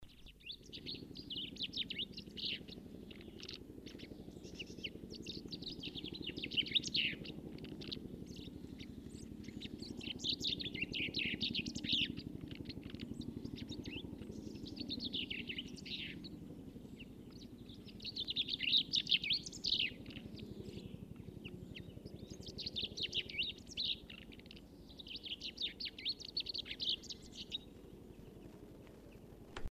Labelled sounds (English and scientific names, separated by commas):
Common Chaffinch (Fringilla coelebs), European Greenfinch (Chloris chloris)